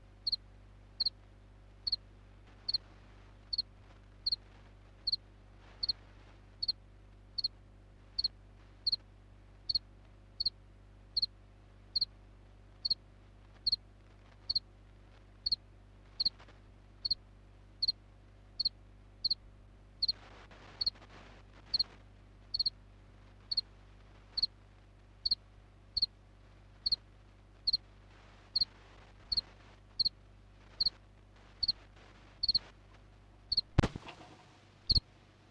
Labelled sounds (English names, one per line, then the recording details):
House Cricket stridulation
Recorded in captivity
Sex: male
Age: imago
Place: DE
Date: 1962-01-31 13:45
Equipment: Smaragd, Grundig-Mikrofon
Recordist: unbekannt, keine Angabe